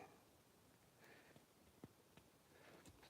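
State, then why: Partly seated. A swap hand is pushed onto the wrist peg of a 1/9 scale action figure, with soft handling rustles and brief taps around 1.8 and 3.1 seconds. Nothing has clicked into place yet; the hand only sits weakly on the peg, possibly because it is the wrong hand for that wrist.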